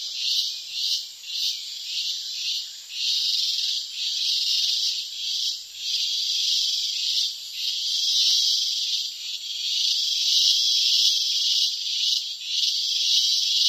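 Cicada song, a dense buzzing drone that swells and fades in pulses about twice a second, with longer steady stretches between.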